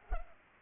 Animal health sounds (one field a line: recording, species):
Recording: mosquito wingbeat signal from an infrared sensor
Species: Culex pipiens